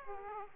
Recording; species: mosquito wingbeat signal from an infrared sensor; Aedes aegypti